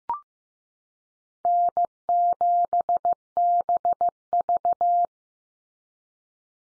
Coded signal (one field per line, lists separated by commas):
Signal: Morse code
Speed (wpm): 15 wpm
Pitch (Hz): 700 Hz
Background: none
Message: N7BV